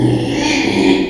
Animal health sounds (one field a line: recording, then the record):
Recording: squeal of a Yucatan mini pig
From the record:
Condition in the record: after surgery on the right vocal fold (resection and tissue-engineered implant)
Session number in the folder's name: 2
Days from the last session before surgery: 13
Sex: male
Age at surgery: 12 weeks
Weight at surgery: 13 kg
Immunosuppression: cyclosporine, prednisolone